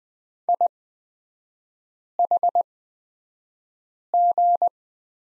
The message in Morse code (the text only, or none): IHG